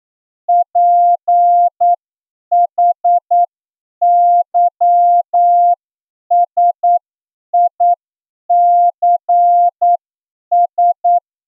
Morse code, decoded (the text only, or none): PHYSICS